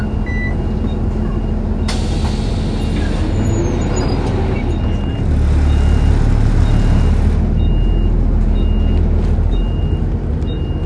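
A bus rumbles with a steady low engine drone, a hissing rush from about two to seven seconds, and short beeps scattered throughout.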